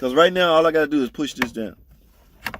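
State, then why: Seated. Someone talks, then pushes down the plastic locking slide on the transmission shifter cable adjuster of a Dodge Avenger / Chrysler 200, locking its pin into the shifter cable end; the slide had been left unlocked, causing a no-crank, no-start shifter problem. A short, sharp snap at 2.5 s is followed by smaller clicks at 2.5 s and 2.6 s as the lock tab seats into place.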